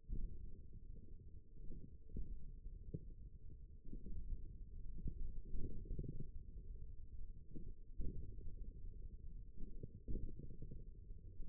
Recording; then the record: forearm muscle sounds (acoustic myography)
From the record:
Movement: hand opening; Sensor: system 1, eight BSWA MPA416 microphones around the upper forearm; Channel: 3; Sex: male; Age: 54 years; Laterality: right